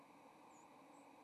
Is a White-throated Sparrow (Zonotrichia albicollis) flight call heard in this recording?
yes